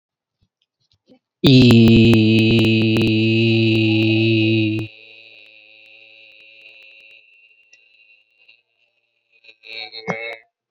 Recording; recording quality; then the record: sustained vowel as in beet; excellent, no background noise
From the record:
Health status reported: COVID-19 positive, mild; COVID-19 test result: positive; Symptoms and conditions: breathing difficulty, fever, loss of smell and taste, diabetes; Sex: male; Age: 42 years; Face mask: not worn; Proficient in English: yes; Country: India